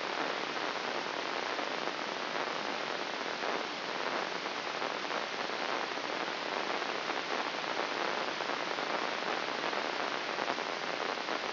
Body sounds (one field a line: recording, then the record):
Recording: brain microelectrode recording played as sound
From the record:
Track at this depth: inside the subthalamic nucleus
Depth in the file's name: 4.908 mm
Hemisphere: left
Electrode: 3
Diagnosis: Parkinson's disease